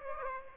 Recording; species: mosquito wingbeat signal from an infrared sensor; Aedes aegypti